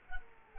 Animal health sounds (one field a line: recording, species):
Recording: mosquito wingbeat signal from an infrared sensor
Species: Culex quinquefasciatus